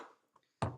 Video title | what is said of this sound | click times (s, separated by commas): Unboxing my Letterpress Goodies! | it locks on by the way so basically what you get is | 0.6 s